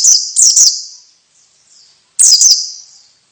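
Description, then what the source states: White-eye calls: two bursts of sharp, high, down-slurred chirps, each of two or three notes fading out, separated by a short quiet gap. Female bird.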